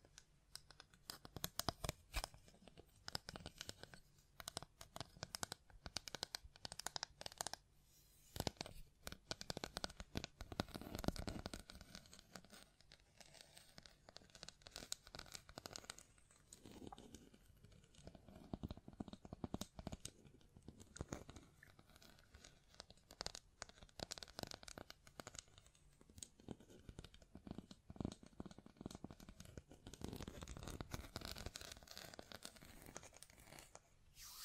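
Hand sounds of tapping, scratching and brushing over a microphone, made of dense, irregular bursts of rough scraping and crinkly rustle with sharp taps throughout. Strokes come quickly and unevenly, swelling and thinning across the whole 34 seconds without a steady rhythm.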